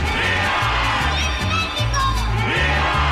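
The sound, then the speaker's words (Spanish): A large crowd shouts "Viva México!" together in a loud, continuous roar, voices rising and falling over a steady, pulsing low beat throughout. “Y desde la trinchera donde nos toque luchar, gritamos ¡Viva México!”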